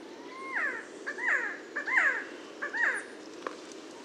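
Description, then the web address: Resplendent quetzal calls, four quick down-slurred notes with a lower harmonic, spaced about two-thirds of a second apart, against a quiet background. "sound Resplendent-quetzal. صدای-پرنده-درازدامن-درخشان"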